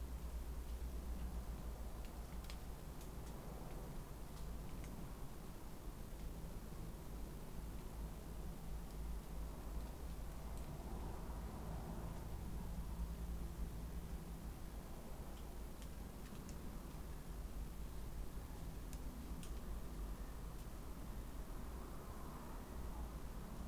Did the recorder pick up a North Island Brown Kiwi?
no